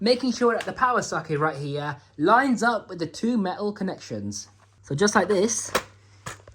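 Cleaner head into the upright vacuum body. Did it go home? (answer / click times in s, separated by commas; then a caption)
yes / 6.3 s. The plastic cleaner head of a brand-new Dyson Ball DC41 Animal vacuum cleaner is lined up with its power connector on two metal contacts and pushed down onto the upright vacuum body while someone talks. A sharp click at 6.3 s marks the red bracket snapping into place, seating the head, followed by a faint tick at 6.5 s.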